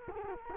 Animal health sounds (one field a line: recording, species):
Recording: mosquito wingbeat signal from an infrared sensor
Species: Culex quinquefasciatus